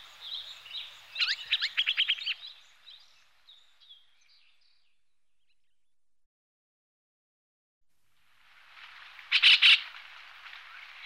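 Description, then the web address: Marsh grassbird giving short bursts of buzzy, rattling notes, with a second harsh burst near the end over a faint hiss. "megalurus pryeri"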